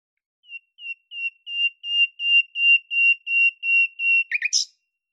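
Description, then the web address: Bird call of clear whistled notes on one pitch, repeated about three times a second and growing louder, closing with a brief burst of buzzy notes. "Deverinetal 2025"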